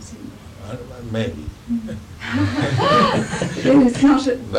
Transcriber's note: laughter